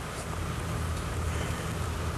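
A plastic tilt lock block with two molded pins is being handled near an office chair upright, lined up with the holes to be pulled outward into the upright until its snap feature engages. Only steady low rumble and broadband background noise are heard, with no distinct clicks. Nothing has seated or clicked yet.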